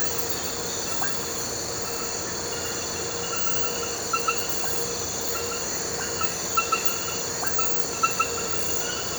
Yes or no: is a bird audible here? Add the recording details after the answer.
no. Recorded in pastures near Puerto Asís, Putumayo, Colombia, on 4 March 2025 at 23:30. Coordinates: 0.466, -76.322. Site CSA-02